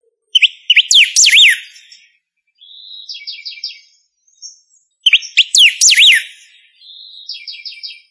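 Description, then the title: Bird song with quick whistled up-and-down sweeps followed by a short buzzy trill; the phrase is given twice. "LuckyPassaro Completos2Sama"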